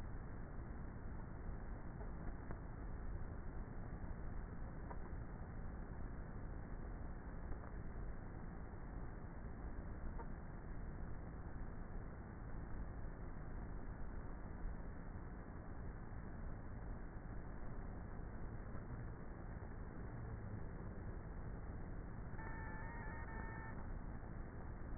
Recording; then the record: honeybee colony, microphone inside the hive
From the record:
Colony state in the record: queenless with a low population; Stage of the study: before two queens were removed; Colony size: about 30,000 bees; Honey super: no